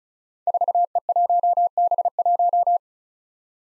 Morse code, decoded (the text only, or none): 4E1B1